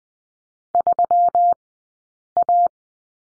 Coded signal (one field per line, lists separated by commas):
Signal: Morse code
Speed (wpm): 20 wpm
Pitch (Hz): 700 Hz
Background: none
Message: 3A